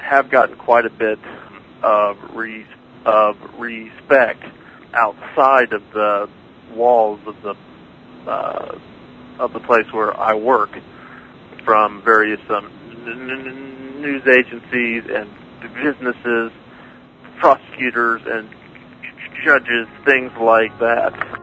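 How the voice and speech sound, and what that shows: A low-pitched adult male voice speaks in short bursts broken by frequent silent pauses, with repeated word starts ('of re-… of respect', 'of the… of the') and drawn-out sounds. These repetitions, prolongations and blocks are typical of stuttering.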